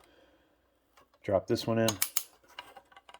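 Someone talks as the third plastic push pin of a stock CPU cooler for an i5-13400F is dropped into a mounting hole on a Gigabyte B760M DS3H LGA 1700 motherboard and pressed home. At 2.6 s the pin clicks in with a dull, thud-like sound, followed by a few faint ticks, and the pin is seated.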